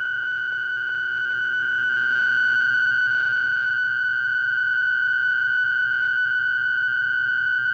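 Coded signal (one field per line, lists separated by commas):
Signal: fast PSK data mode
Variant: PSKR mode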